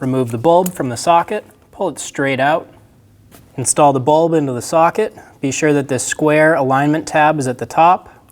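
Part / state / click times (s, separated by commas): low beam bulb into its socket / not seated / none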